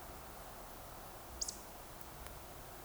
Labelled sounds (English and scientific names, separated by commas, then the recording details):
Eurasian Woodcock (Scolopax rusticola) whistle
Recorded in Baden-Württemberg, Germany, on 29 June 2020 at 02:34 UTC
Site 43791, 788 m above sea level